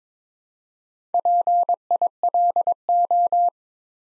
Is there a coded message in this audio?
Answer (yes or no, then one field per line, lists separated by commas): yes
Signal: Morse code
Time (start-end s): 1.1-3.5 s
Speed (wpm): 22 wpm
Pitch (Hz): 700 Hz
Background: none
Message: PILO